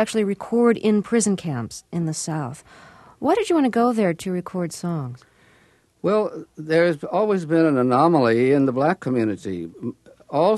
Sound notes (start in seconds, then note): none